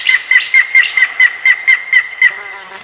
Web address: white-tailed eagle